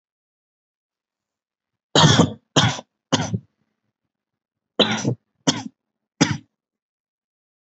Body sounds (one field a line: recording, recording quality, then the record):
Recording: heavy voluntary cough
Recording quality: excellent, no background noise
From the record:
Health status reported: exposed to COVID-19, no respiratory illness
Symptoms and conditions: none ticked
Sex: male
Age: 25 years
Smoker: not ticked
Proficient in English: yes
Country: India